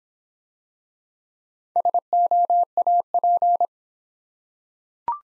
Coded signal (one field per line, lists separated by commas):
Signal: Morse code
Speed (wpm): 26 wpm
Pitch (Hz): 700 Hz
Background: none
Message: SOAP